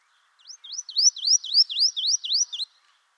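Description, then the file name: Marsh tit calling with a quick series of about nine high, upslurred notes, each rising sharply, delivered rapidly and evenly over two seconds in quiet surroundings. "Poecile palustris"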